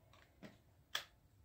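A reassembled plastic shaving head on a Philips electric shaver is pushed back onto the shaver body and snaps into place with a sharp click at 0.9 seconds. A couple of fainter ticks come before it, and the head is confirmed seated. Words in the clip: none.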